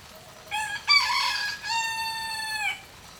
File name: Galo canta agudo na chuva fraca, grilo e passaros longe